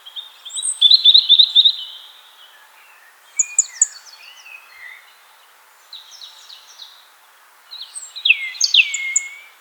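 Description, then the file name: European robin song: high, thin warbled phrases with trills and sliding whistles, separated by short pauses. "Erithacus rubecula"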